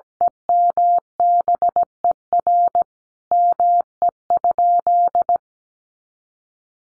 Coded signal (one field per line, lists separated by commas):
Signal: Morse code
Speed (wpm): 17 wpm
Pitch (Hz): 700 Hz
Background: none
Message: EMBER ME?